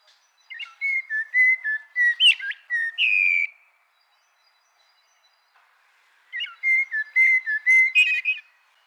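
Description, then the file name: Eurasian blackbird singing two rich phrases of flowing fluty whistles, each closing in a higher, scratchier twitter, with a silent pause between them. "Turdus merula"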